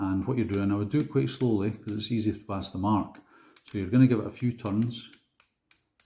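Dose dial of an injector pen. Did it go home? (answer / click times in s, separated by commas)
yes / 5.4 s, 5.7 s, 6.0 s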